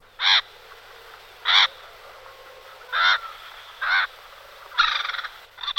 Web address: pajaros Crialo